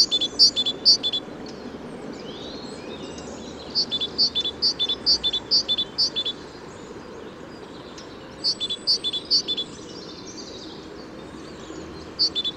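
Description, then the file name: Great tit calling in several short runs of high, metallic double notes, with gaps between runs over background noise. "Parus major"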